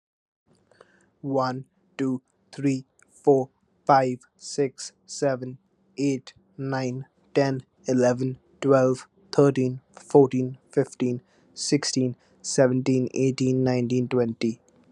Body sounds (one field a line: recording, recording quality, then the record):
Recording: counting at a normal pace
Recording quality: excellent, no background noise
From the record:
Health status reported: healthy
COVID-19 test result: negative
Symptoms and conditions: cough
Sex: male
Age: 22 years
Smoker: not ticked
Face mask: not worn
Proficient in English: yes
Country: India